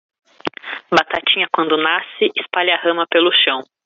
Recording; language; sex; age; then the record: short text; Brazilian Portuguese; female; 20 to 29 years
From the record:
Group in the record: control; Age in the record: 27 years